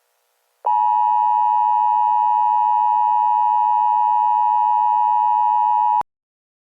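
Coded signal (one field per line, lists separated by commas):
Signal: Emergency Alert System (SAME) tones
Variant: 853 and 960 Hz attention tone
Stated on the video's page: Fictional EAS scenario; may contain valid EAS tones.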